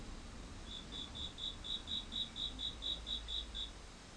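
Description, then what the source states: Insect chirping: one steady series of about a dozen bright pulsed notes, with a soft low rumble beneath. Insects recorded together with car sounds; 15 September 2023, 13:21.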